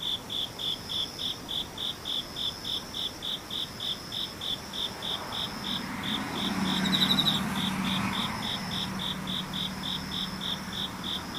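An insect, likely a cricket, chirps in a steady, fast pulsing trill, about four beats a second, high and bright throughout. Underneath runs a low rumble that swells from around six to eight seconds, like a passing vehicle, then eases off while the chirping continues.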